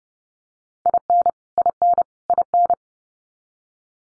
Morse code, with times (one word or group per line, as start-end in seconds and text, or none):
0.9-1.3 IN
1.6-2.0 IN
2.3-2.7 IN